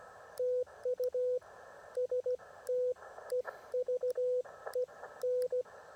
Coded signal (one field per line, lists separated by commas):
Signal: Morse code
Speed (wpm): 16 wpm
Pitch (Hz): 500 Hz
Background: none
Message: TU STEVE N